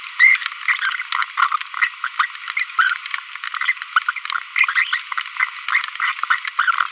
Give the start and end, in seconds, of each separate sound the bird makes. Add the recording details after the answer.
0.20-0.37, 1.38-1.47, 2.19-2.25, 2.57-2.63, 2.79-2.96, 4.08-4.11, 4.17-4.19, 4.54-5.05, 6.00-6.12. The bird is a female. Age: 25 days. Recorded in a nest box in Venezuela. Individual 17B42B1